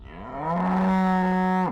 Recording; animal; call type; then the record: contact call of a hoofed animal; cattle; low-frequency (closed-mouth) or high-frequency (open-mouth) call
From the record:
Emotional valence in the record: negative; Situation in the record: full separation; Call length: 1.71 s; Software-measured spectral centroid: 1390 Hz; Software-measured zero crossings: 1110 a second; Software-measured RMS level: -23 dBFS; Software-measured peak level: -16 dBFS